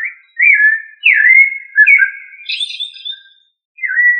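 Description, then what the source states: Thrush song, loud whistled slurred phrases sliding downward, one higher twittering burst midway, then a pause and a final falling whistle. Thrush of the family Turdidae, called sabiá.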